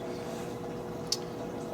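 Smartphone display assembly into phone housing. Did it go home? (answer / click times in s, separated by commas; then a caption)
yes / 1.1 s. A finger is walked along the slightly bowed display assembly of an iPhone 5s, pressing it into the phone housing over a steady low background hum. At 1.1 s there is a single short, sharp snap as the display seats flush and locks into place.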